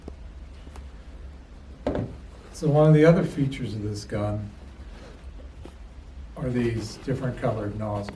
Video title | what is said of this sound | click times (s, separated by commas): PIC Maintenance Victory Sprayer Training | putting it on like i said before it'll just snap into place and then you lock it | 1.9 s